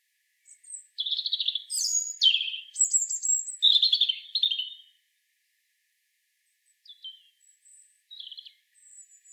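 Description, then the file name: European robin song: a burst of sweet high whistles and trills, then quieter thin high notes after a brief pause. "Erithacus rubecula"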